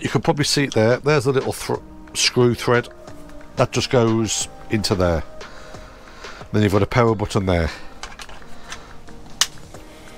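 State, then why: Seated. A motorcycle display unit is pushed onto its handlebar mounting bracket while someone talks. Faint taps and knocks come before the unit latches with a sharp, loud click at 9.4 s, seating it in place.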